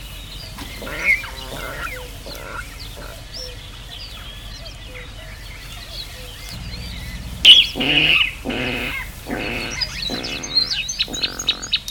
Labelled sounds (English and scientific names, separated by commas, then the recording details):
Water Rail (Rallus aquaticus) call
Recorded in the wild
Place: Hörfeld, Hörfeld Moor, Steiermark, AT
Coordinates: 47.0317, 14.5064
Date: 1972-05-25
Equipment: Uher 4100 Report-V
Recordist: Brunner, Thomas